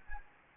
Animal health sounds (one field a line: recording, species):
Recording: mosquito wingbeat signal from an infrared sensor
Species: Anopheles gambiae